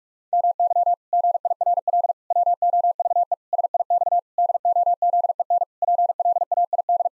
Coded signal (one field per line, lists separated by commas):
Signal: Morse code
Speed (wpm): 46 wpm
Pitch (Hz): 700 Hz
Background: none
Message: MY GIRL WOVE SIX DOZEN PLAID